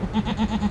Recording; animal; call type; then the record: contact call of a hoofed animal; goat; low-frequency (closed-mouth) or high-frequency (open-mouth) call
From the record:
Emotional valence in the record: negative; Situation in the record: short social isolation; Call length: 0.71 s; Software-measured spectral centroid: 1660 Hz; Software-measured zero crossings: 1000 a second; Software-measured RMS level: -24 dBFS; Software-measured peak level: -12 dBFS